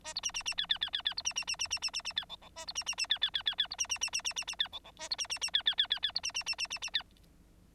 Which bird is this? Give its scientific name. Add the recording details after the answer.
Lonchura striata domestica. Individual Bird9